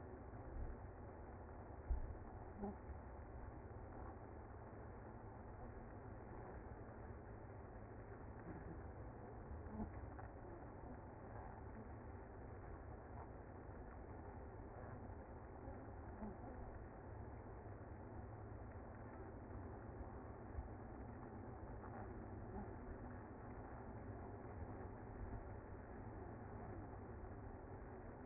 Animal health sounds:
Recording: honeybee colony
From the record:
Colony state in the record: active

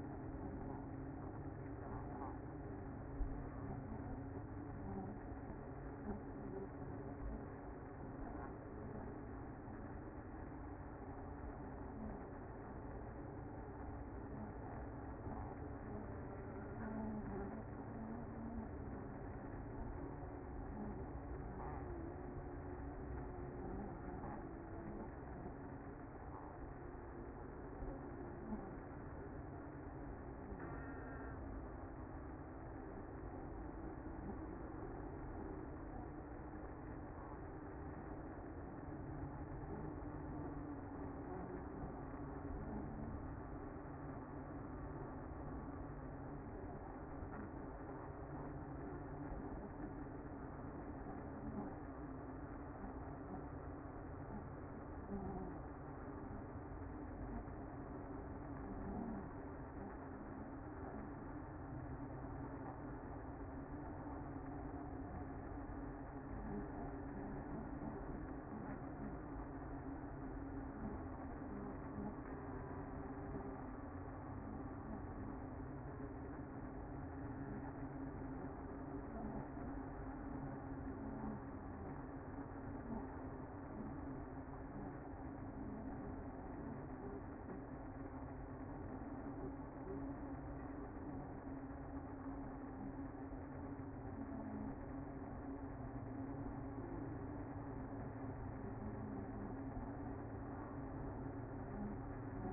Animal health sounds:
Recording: honeybee colony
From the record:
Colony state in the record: active

